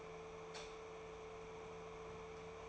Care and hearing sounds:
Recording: daily activity, microphone in the room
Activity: light off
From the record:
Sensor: 1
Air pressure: 1014.8 hPa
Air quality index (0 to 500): 188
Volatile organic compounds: 19 ppm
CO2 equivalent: 2659 ppm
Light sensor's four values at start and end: 14/42/16/17 and 11/27/11/12

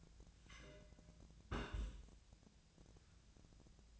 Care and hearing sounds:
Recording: daily activity, microphone in the room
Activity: place on stove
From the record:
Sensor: 2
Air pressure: 1009.8 hPa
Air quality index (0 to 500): 181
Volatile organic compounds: 11 ppm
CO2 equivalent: 2268 ppm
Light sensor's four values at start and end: 30/73/32/35 and 30/73/32/35

